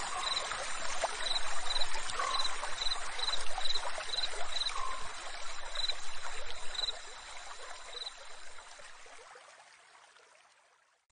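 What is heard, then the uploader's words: Spring sounds: steady trickling water under a bird repeating a high, thin chirp about twice a second, everything fading out over the last seconds. The sound of spring, natural Zen sound.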